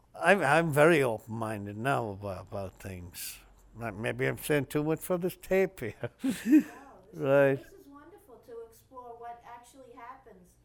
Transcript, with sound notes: I'm very open-minded now about things. Maybe I'm saying too much for this tape here. [Laughs] Right?
No. It's been wonderful to explore what actually happened.